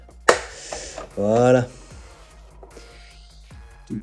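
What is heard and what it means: A small plastic tab on a hull section of a Millennium Falcon scale model is pressed into the lower hull section, snapping into place with a sharp, loud click at 0.3 s. Someone then talks briefly, and the tab is well fitted and seated before the part is secured with screws.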